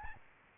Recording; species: mosquito wingbeat signal from an infrared sensor; Aedes albopictus